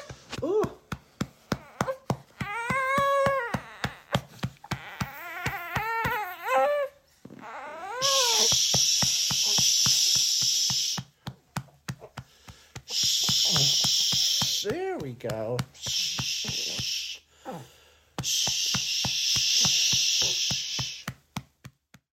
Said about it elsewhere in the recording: So I did request some shushing. You're also going to hear the baby crying.